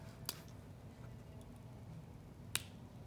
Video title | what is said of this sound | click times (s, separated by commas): #GlitterforPickle | only do they fit on the bottom but they click did you hear that so | 0.3 s, 2.6 s